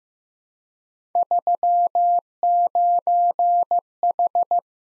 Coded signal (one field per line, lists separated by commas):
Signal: Morse code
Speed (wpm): 15 wpm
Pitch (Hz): 700 Hz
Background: none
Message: 39H